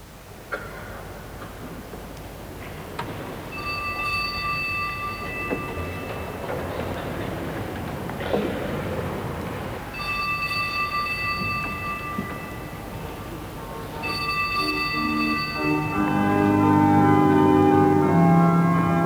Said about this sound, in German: Jesu bleibet meine Freude. Hört, auf der Orgel gespielt, Johann Sebastian Bach.